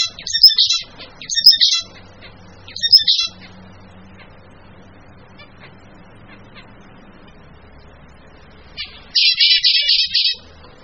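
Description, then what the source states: Bird song in bursts of high, rapid chirping trills, three short phrases early and a longer burst near the end, with a low hum underneath. Mixed birds.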